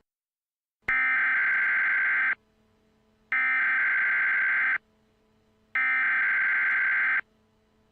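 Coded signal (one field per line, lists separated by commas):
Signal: Emergency Alert System (SAME) tones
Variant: header bursts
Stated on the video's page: Simulated scenario alert depicting a fictional tornado outbreak; the page warns against loud headphone listening.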